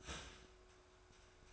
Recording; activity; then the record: daily activity, microphone in the room; start toaster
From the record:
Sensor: 2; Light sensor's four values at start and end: 3/9/3/3 and 3/9/3/3